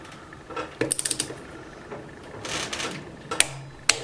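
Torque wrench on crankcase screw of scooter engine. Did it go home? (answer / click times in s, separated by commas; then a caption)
yes / 3.9 s. A torque wrench tightens a crankcase retaining screw joining the two engine case halves of a Chinese GY6 139QMB scooter engine to 12 Nm. Ratcheting clicks are heard, followed by a sharp, loud click at 3.9 s as the wrench reaches its setting.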